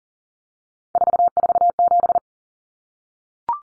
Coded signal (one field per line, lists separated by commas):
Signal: Morse code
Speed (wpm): 40 wpm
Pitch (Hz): 700 Hz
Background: none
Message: 447